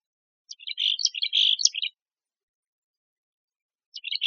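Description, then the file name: Mexican chickadee with a scratchy series of quick notes and buzzy dees, then a pause before another call begins at the very end. "MECH Deviche"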